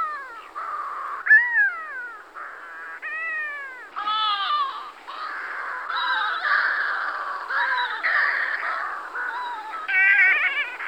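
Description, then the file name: Manx shearwater gives hoarse, wailing calls that swoop up and down, with rougher cackling phrases strung together through the second half. "Burnak severni Puffinus puffinus"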